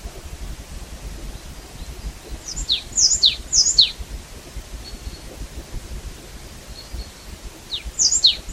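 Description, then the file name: Marsh tit calling in a burst of high, steeply falling double notes, several in a row, then silence and another short pair near the end. "Poecile palustris"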